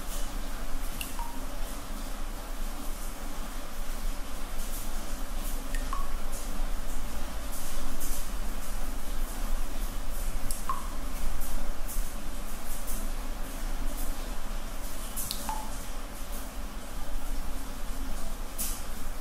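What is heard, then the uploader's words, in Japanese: Rain with water drops: a steady dense hiss over a low rumble, with occasional bright drips plinking every few seconds. 雨と水滴の音。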